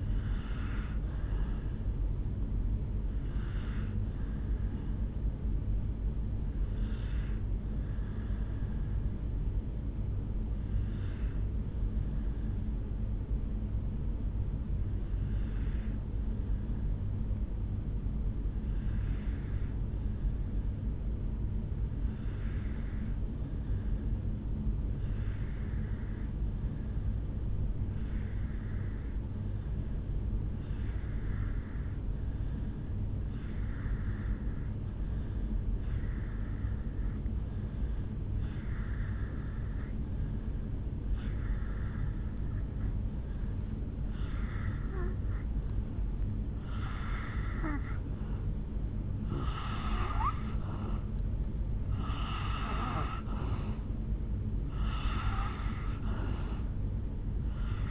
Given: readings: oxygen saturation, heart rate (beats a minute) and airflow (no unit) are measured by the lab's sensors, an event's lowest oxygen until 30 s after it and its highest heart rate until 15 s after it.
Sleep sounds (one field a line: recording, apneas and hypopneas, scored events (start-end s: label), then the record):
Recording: breathing in sleep by a smartphone at the bedside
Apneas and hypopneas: 1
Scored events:
8.00-45.10 s: obstructive apnea (N1, oxygen 98% highest, then 82% lowest, heart rate 51 at the start, 69 highest)
13.00-57.91 s: new sleep stage, N2 (light sleep)
From the record:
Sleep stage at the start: N1 (lightest sleep)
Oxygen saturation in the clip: 78 to 98%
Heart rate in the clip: 51 to 69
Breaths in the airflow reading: 6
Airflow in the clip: -6.7 to 3.9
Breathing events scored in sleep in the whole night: 449 in 7.0 hours asleep